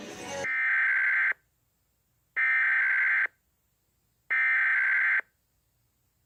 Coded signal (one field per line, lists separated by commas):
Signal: Emergency Alert System (SAME) tones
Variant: header bursts